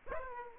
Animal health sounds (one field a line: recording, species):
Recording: mosquito wingbeat signal from an infrared sensor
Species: Aedes aegypti